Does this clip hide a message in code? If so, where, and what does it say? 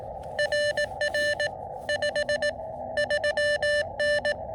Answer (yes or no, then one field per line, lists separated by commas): yes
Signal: Morse code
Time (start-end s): 0.4-4.3 s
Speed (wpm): 18 wpm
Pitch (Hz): 600 Hz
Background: none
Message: RR 53N